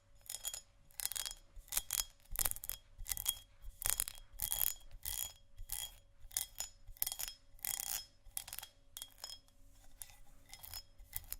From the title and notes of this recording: ASMR Textured Glass Scratching & Tapping（No Talking）.